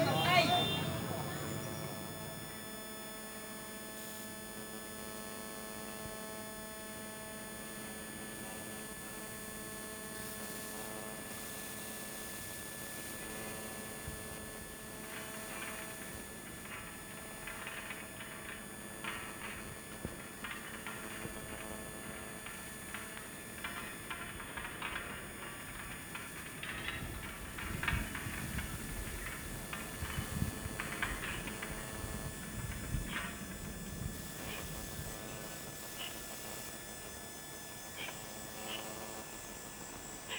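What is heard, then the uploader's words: A recording from Phnom Penh during the election period, dominated by a steady hum of several unchanging tones with a thin insect drone above. Softer rustling and murmuring come and go underneath, thickening in patches around ten to seventeen and twenty-five to thirty-two seconds. Recorded in and around Phnom Penh (Cambodia) during the "presidential" election period; Day & night.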